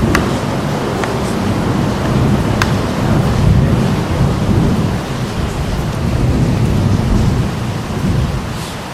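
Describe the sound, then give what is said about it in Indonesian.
A steady, loud afternoon downpour of heavy rain with a deep, continuous low rumble of thunder rolling underneath, punctuated by a few sharp crackling splashes. “Jadi sore ini dengan alhamdulillah derasnya hujan, insya Allah ini suatu keberkahan bagi setiap mukmin yang mensyukurinya.”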